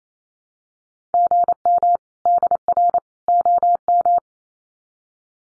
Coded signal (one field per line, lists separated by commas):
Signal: Morse code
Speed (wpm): 28 wpm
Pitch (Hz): 700 Hz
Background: none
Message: GM DR OM